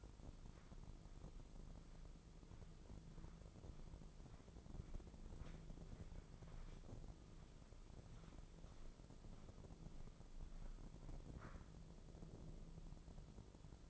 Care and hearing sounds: daily activity, microphone in the room; walk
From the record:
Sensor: 5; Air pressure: 996.1 hPa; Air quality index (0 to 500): 248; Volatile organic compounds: 526 ppm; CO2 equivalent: 4852 ppm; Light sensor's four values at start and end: 192/459/196/214 and 191/457/194/213

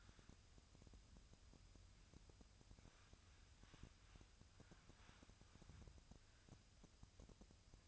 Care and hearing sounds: daily activity, microphone in the room; wipe stove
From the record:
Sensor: 2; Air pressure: 1004.6 hPa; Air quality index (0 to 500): 83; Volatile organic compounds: 2 ppm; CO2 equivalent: 986 ppm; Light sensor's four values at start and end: 6/16/6/6 and 6/16/6/6

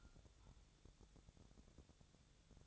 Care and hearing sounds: daily activity, microphone in the room; take from stove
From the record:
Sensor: 3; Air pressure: 999.3 hPa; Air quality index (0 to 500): 195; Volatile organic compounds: 42 ppm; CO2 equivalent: 3185 ppm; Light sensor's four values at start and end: 7/18/7/7 and 7/18/7/7

